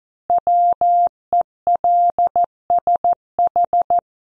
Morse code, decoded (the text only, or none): WELSH